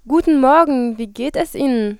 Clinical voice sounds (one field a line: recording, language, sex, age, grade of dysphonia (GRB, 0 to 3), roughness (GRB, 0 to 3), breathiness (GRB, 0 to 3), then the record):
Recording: spoken sentence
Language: German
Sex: female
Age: 20 to 29 years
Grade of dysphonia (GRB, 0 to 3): 0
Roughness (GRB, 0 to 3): 0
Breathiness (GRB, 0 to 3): 0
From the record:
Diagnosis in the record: healthy voice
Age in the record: 20 years